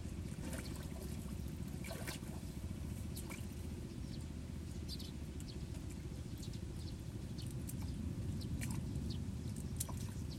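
Water in a rice paddy makes a steady low churning rush, with frequent short bright sparrow chirps flicking in throughout.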